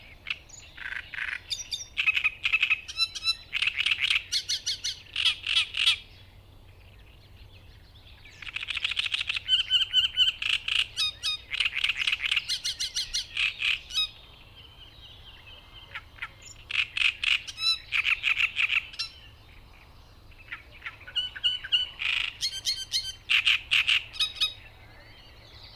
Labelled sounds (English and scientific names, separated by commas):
Great Reed Warbler (Acrocephalus arundinaceus) song